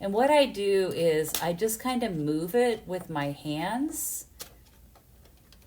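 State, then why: Not seated. A thin metal cutting die is moved by hand toward the recess of a plastic hybrid embossing folder while someone talks for about four seconds. Only faint small ticks follow in the quiet near 5.0 and 5.5 seconds, and nothing has seated or clicked yet.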